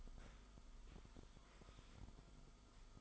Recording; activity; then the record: daily activity, microphone in the room; sit down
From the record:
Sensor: 5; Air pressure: 1005.1 hPa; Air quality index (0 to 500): 105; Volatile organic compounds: 2 ppm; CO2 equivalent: 1290 ppm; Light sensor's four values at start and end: 35/80/32/31 and 35/80/32/31